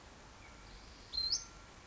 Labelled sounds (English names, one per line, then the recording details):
Western Flycatcher
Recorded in Sonoma County, California